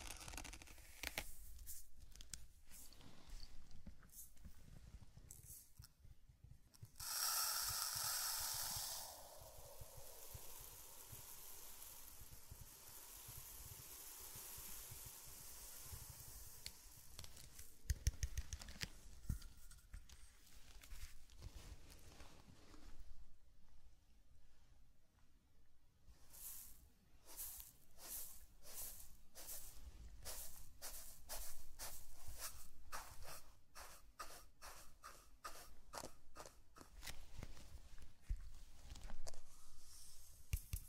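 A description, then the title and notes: Zen garden sounds: sand is brushed and crinkled with soft scraping strokes through the first twenty seconds, including a brighter hissing sweep around seven to ten seconds. From about twenty-five seconds on, quick regular taps repeat in a steady run, with a low rumble underneath. Zen Garden - Sand Crinkle Brushing Tapping Cup Sounds. NO TALKING.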